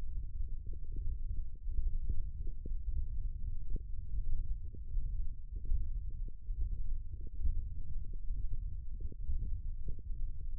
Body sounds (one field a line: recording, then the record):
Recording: forearm muscle sounds (acoustic myography)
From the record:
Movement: index flexion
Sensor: system 1, eight BSWA MPA416 microphones around the upper forearm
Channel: 6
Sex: male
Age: 21 years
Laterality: right